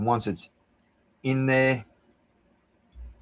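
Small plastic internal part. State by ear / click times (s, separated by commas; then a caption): not seated / none. Someone talks while an internal part is angled into a recess in a boro vape mod, to be pressed home. After a quiet stretch, a brief low thud comes at about 2.9 s, but the part has not seated or clicked yet.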